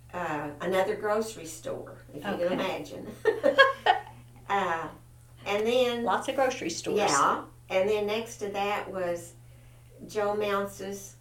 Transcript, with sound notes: another grocery store--
Okay.
--if you can imagine. (Laughter) And then--
Lots of grocery stores.
Yeah, and then next to that was Joe Mounce's--